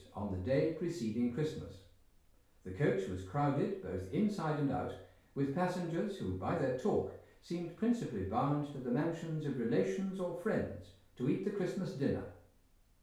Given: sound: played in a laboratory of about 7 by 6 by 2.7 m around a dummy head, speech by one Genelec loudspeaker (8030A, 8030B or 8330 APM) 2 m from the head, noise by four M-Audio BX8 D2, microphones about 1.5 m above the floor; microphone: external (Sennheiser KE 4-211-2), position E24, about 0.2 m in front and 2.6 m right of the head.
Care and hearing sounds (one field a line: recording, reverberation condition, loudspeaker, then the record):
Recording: male speech in English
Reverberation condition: medium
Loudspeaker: 120 degrees to the right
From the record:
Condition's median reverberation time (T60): about 510 ms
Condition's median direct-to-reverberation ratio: about -0.5 dB